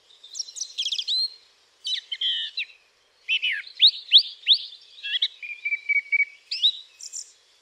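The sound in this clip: Song thrush singing varied phrases, some chattering and scratchy, others clear whistled notes repeated in quick succession, with brief pauses between bursts.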